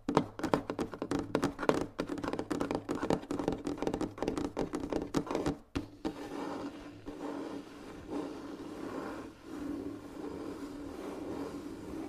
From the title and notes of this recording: In this episode, listen to the sound of gentle finger tapping on different objects. Soft Finger Tapping.